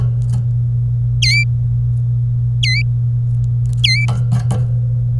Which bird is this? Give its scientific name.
Serinus canaria